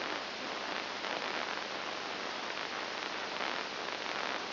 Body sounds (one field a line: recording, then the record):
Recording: brain microelectrode recording played as sound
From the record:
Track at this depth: inside the subthalamic nucleus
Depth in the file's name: 5.501 mm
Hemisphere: left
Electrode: 2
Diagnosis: Parkinson's disease